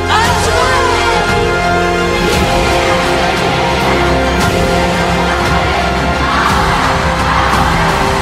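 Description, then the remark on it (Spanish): A dense protest crowd roars continuously, many voices shouting, yelling and chanting over one another, calling for freedom for Belén, with occasional whoops and sharp bangs cutting through the steady, loud din. “Escuchen, porque esos gritos no van a parar.”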